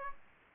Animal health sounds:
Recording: mosquito wingbeat signal from an infrared sensor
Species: Aedes aegypti

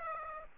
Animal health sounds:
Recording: mosquito wingbeat signal from an infrared sensor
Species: Aedes aegypti

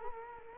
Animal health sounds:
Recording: mosquito wingbeat signal from an infrared sensor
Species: Culex quinquefasciatus

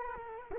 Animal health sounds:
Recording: mosquito wingbeat signal from an infrared sensor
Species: Culex quinquefasciatus

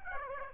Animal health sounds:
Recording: mosquito wingbeat signal from an infrared sensor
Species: Aedes aegypti

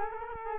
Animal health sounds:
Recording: mosquito wingbeat signal from an infrared sensor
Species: Culex quinquefasciatus

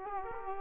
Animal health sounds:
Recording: mosquito wingbeat signal from an infrared sensor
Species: Aedes aegypti

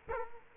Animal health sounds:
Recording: mosquito wingbeat signal from an infrared sensor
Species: Culex quinquefasciatus

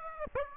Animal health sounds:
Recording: mosquito wingbeat signal from an infrared sensor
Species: Aedes aegypti

